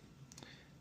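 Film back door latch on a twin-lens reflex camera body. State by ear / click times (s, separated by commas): seated / 0.3 s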